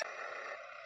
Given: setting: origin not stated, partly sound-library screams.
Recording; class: one-second piece from a danger detection set; woman in danger